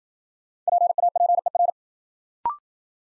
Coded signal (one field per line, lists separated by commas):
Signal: Morse code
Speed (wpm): 51 wpm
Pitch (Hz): 700 Hz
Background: none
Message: PAPER